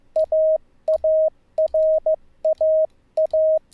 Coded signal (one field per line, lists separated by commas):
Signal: Morse code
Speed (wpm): 16 wpm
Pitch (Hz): 620 Hz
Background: none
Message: AARAA